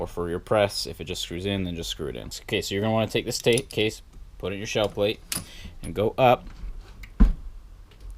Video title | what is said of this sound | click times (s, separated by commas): How to Set up 9mm Dies | and I heard it pop out the primer | 7.2 s